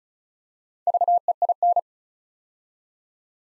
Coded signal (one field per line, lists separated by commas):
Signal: Morse code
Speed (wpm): 36 wpm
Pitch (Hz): 700 Hz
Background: none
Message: VEIN